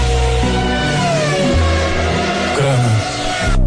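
A loud Formula 1 engine screams continuously for several seconds, its high whine climbing and shifting in pitch as it revs, with no voices over it.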